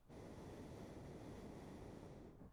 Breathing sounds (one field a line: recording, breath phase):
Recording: one breath near a microphone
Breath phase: exhalation